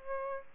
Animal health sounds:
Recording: mosquito wingbeat signal from an infrared sensor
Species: Aedes aegypti

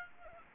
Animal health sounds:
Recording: mosquito wingbeat signal from an infrared sensor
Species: Aedes aegypti

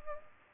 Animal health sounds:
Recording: mosquito wingbeat signal from an infrared sensor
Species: Culex pipiens

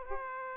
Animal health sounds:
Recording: mosquito wingbeat signal from an infrared sensor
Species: Aedes aegypti

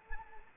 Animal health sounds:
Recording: mosquito wingbeat signal from an infrared sensor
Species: Anopheles arabiensis

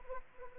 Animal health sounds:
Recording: mosquito wingbeat signal from an infrared sensor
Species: Anopheles arabiensis

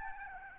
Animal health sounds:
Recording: mosquito wingbeat signal from an infrared sensor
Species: Aedes albopictus

